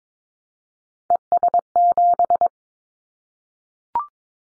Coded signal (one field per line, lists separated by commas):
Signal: Morse code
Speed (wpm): 22 wpm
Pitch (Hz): 700 Hz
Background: none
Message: ES7